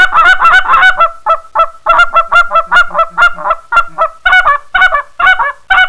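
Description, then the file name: Canada goose: canada geese honk in a rapid, continuous chorus, with overlapping nasal calls coming several per second. "Canada Honcker"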